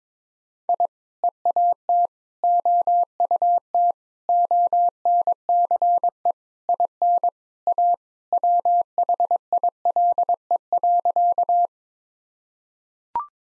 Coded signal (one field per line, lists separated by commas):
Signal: Morse code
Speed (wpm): 22 wpm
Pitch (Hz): 700 Hz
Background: none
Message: I EAT OUT ONCE IN A WHILE.